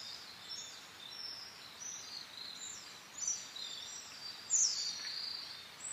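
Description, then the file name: Pacific swift calls as thin, high screeching notes repeated irregularly, with one sharper scream near the end, over a steady hiss. 5 May 2010 at 08:56. "amatubame-20100505-085604"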